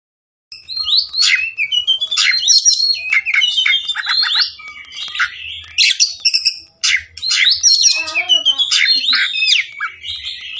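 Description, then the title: Oriental magpie-robin delivering a dense, nonstop run of mixed whistles, scratchy notes and trills, the phrases tumbling together with hardly a break. Kacer fighting, persistent song full of 'tembakan' bursts, meant to make a kacer ready to fight within minutes. "Kacer Langsung Tarung Konslet KACER NGOTOT FULL TEMBAKAN"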